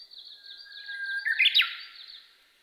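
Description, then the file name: Japanese bush warbler gives one phrase: a held whistled note that breaks into a sharp, rising burst, while another bird trills steadily higher above it. Recorded 27 May 2007 at 05:46, early morning. "uguisu-20070527-0546"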